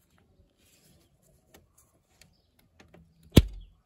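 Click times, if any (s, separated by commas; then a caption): 3.4 s. On a 2014 Opel Corsa D 1.4 during a 5-speed manual gearbox swap, the clutch hydraulic pipe (brake-fluid line) with a rubber bushing is pushed by its metal cap into the slave cylinder line connection. After a few faint taps and handling noises, a sharp click lands at 3.4 s. The connector is seated, and the pipe no longer comes out.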